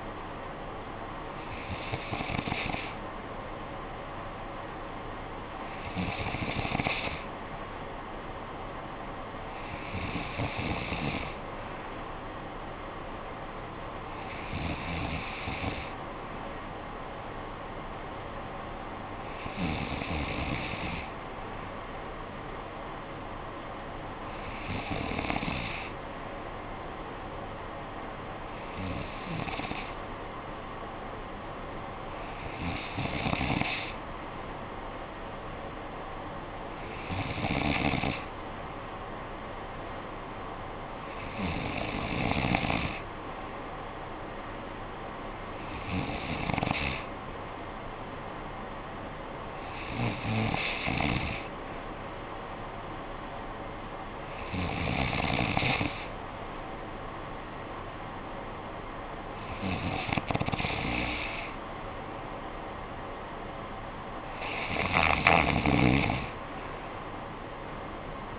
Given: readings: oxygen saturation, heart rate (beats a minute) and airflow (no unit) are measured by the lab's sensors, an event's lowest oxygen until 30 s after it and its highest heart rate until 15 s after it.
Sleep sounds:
breathing in sleep by a voice recorder at the bedside; none
none scored
From the record:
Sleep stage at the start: N3 (deep sleep); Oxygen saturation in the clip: 94%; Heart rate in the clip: 53 to 64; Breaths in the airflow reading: 15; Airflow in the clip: -10.1 to 5.9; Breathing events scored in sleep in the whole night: 445 in 7.6 hours asleep

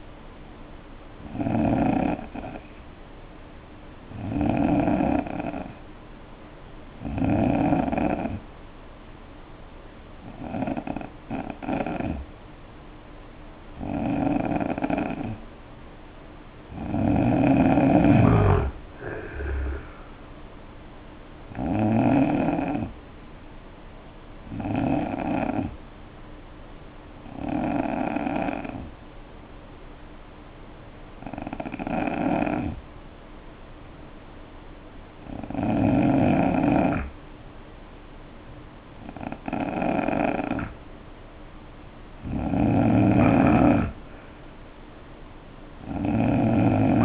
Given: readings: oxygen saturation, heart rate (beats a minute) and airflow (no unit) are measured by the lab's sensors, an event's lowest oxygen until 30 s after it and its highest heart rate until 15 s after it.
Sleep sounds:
breathing in sleep by a voice recorder at the bedside; 2
4.00-19.10 s: hypopnea (N2, oxygen 90% highest, then 88% lowest, heart rate 67 at the start, 71 highest)
27.00-41.90 s: hypopnea (N2, oxygen 90% highest, then 88% lowest, heart rate 68 at the start, 68 highest)
From the record:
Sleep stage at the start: N2 (light sleep); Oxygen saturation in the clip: 88 to 92%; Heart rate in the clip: 56 to 71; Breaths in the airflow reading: 13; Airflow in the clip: -5.0 to 9.6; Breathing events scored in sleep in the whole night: 520 in 7.2 hours asleep

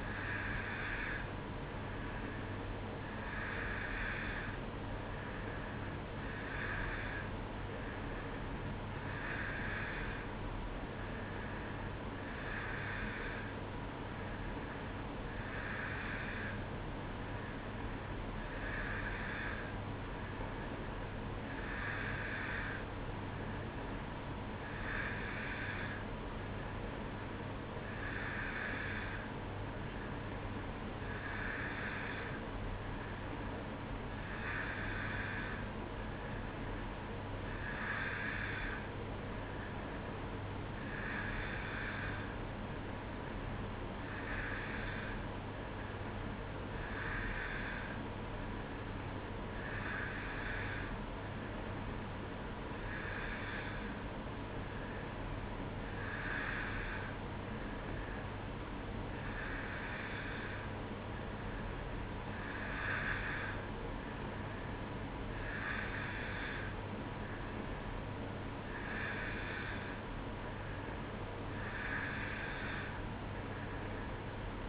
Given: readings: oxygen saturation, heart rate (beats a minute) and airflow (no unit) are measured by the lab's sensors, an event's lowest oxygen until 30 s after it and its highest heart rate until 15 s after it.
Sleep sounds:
breathing in sleep by a voice recorder at the bedside; none
none scored
From the record:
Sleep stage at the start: N2 (light sleep); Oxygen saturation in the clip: 90 to 91%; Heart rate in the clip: 60 to 65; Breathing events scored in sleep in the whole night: 305 in 9.6 hours asleep

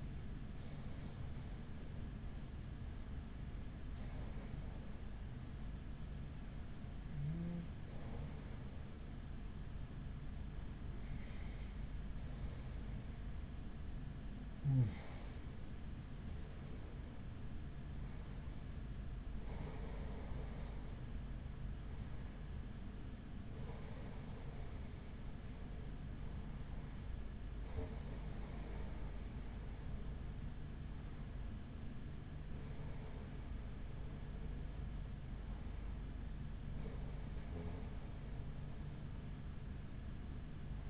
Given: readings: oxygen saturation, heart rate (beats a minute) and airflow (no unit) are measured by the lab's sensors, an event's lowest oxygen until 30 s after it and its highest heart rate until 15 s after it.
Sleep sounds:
breathing in sleep by a smartphone at the bedside; none
none scored
From the record:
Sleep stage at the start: REM sleep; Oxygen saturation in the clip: 95%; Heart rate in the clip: 42 to 56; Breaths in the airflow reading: 10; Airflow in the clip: -4.9 to 5.7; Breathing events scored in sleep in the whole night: 207 in 7.6 hours asleep

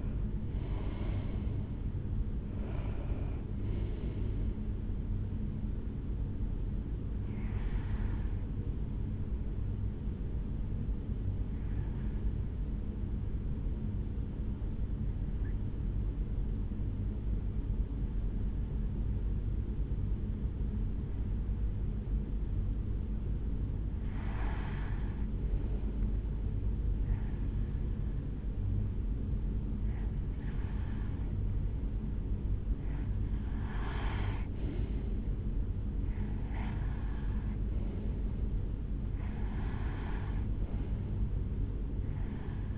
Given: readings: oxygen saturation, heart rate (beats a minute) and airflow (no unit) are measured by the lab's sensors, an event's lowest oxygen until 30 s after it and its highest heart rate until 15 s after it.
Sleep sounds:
breathing in sleep by a smartphone at the bedside; 1
10.00-42.78 s: new sleep stage, N1 (lightest sleep)
14.00-32.90 s: hypopnea (N1, oxygen 96% highest, then 90% lowest, heart rate 55 at the start, 72 highest)
From the record:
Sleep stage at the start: REM sleep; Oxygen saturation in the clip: 76 to 96%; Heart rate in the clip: 55 to 83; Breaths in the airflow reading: 10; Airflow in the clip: -6.3 to 8.1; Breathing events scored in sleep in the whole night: 449 in 7.0 hours asleep

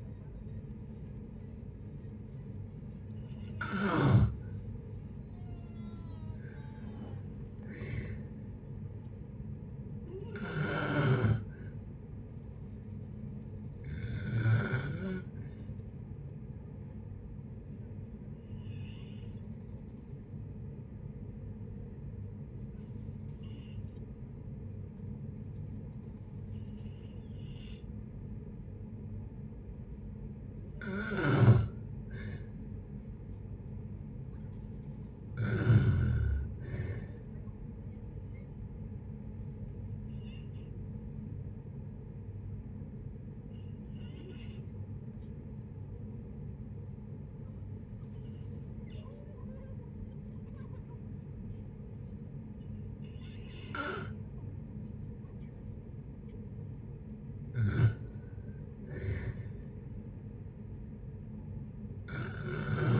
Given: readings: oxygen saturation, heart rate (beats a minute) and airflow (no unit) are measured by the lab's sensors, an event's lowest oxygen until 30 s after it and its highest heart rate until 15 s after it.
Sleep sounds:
a person awake in a sleep study, by a smartphone at the bedside; none
0.00-63.00 s: awake
0.00-63.00 s: awake
From the record:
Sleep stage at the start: awake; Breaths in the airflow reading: 20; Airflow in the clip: -0.7 to 0.6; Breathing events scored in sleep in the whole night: 496 in 5.4 hours asleep

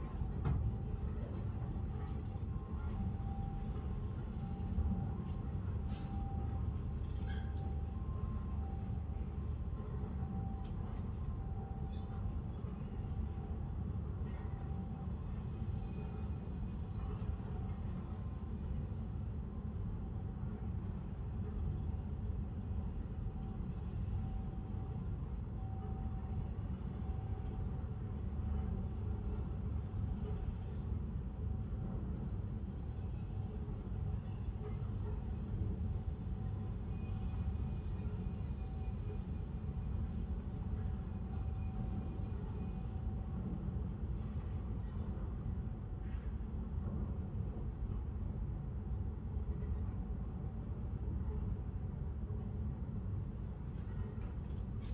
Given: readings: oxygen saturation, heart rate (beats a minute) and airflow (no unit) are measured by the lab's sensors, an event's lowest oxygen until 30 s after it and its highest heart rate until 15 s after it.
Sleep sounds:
a person awake in a sleep study, by a smartphone at the bedside; none
0.00-54.94 s: awake
From the record:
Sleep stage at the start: awake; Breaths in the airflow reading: 18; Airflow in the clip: -0.7 to 0.7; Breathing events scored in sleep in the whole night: 131 in 7.2 hours asleep

